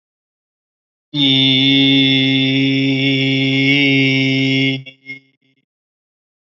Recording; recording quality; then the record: sustained vowel as in beet; excellent, no background noise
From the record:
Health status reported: healthy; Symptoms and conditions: hypertension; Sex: male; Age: 34 years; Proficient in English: yes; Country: India